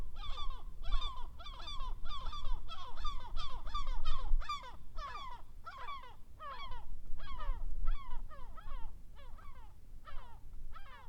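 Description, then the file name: Gulls give a stream of harsh, falling squeals, several birds overlapping at a quick pace, over constant low background noise. "Seagulls Gaviotas"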